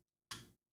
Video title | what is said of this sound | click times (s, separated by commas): LakeyshaKeysha Caught Lying About Karmelo Anthony Knife | You see how it just went and locked in? So now it's in its locked position. | 0.3 s